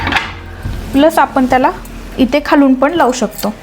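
A hand handles the bottom bolt on a teak wooden hall door while someone talks, with brief handling noise at the start. The clip ends before the bolt slides home, so nothing has seated yet.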